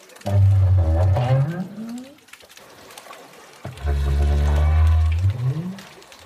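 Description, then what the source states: Southern right whale tonal calls: two low, drawn-out moans with rich harmonics, each sweeping upward at the end, separated by a short quiet gap. Recorded at the Auckland Islands, New Zealand, a right whale hotspot; this part of the repertoire is produced by both males and females.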